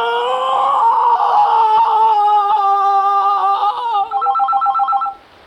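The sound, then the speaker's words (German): A loud, wavering, drawn-out tonal wail gives way to a brief burst of rapid, trilling telephone bell ringing that stops abruptly. “Es weckt mich weder das Telefon noch die Kinder, der Postbote, der Wecker.”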